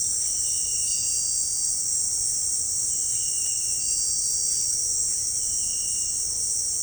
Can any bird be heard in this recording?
no